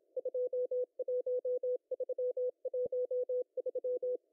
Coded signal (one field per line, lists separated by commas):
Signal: Morse code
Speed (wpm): 25 wpm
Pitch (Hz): 500 Hz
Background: none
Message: 21313